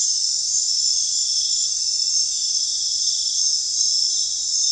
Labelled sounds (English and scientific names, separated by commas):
none